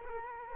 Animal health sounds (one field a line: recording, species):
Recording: mosquito wingbeat signal from an infrared sensor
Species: Culex quinquefasciatus